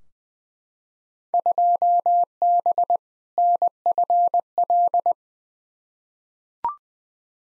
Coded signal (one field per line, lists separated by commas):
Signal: Morse code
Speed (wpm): 20 wpm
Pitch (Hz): 700 Hz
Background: none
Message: 2B NFL